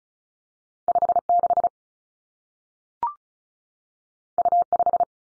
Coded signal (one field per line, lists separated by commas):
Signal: Morse code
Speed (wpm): 36 wpm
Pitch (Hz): 700 Hz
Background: none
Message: 5 6 U 5